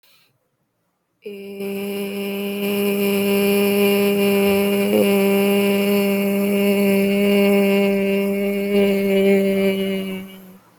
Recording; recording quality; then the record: sustained vowel as in made; moderate, slight background noise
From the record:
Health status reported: healthy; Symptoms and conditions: none ticked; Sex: female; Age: 22 years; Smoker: not ticked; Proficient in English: yes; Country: India